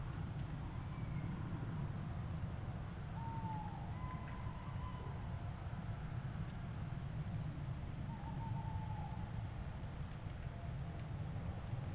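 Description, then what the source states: Owl hooting: a few faint tonal notes over a constant deep rumble. Owls in Suffolk.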